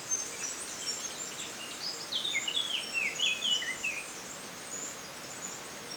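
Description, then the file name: Eurasian blackcap singing a quick warbled run of sweet, jumbled notes in the middle, clear above a steady background hiss with faint high chirps. "Sylvia atricapilla"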